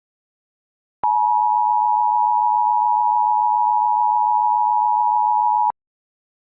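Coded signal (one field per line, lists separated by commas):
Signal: Emergency Alert System (SAME) tones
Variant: 853 and 960 Hz attention tone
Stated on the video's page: Mock EAS alert, not a real broadcast.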